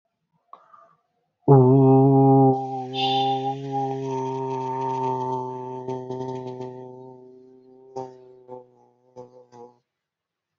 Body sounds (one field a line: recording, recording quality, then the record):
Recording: sustained vowel as in boot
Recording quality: moderate, slight background noise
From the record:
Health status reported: healthy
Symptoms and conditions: none ticked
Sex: male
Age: 42 years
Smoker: not ticked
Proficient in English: yes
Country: India